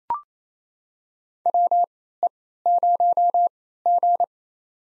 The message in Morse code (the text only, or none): WE0G